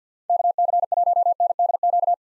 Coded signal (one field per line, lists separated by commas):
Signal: Morse code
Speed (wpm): 50 wpm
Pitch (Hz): 700 Hz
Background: none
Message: KC1NDQ